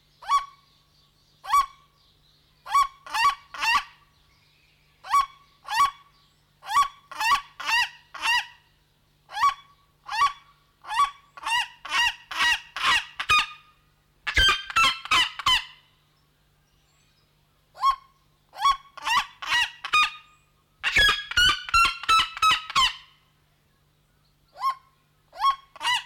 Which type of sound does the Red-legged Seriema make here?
call